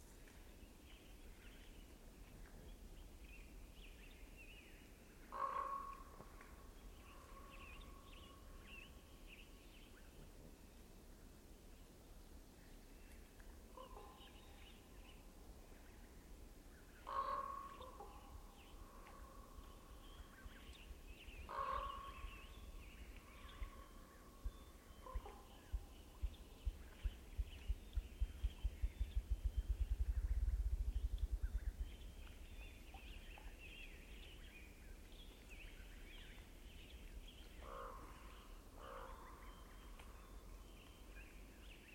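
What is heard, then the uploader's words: A pair of ravens calls around a shoreline at dawn, with loud croaks and honking calls breaking out near 5, 17, 21, 25 and 37 seconds. Between calls a soft, steady low rumble and faint birdsong fill the background, with a brief thudding patch around 30 seconds. There is a tucked-away lake in a secluded little valley in a wildlife refuge in Northeast Washington where every sound rings through like bells in winter. I happened to be recording shoreside at dawn when a pair of Ravens made their way in and around.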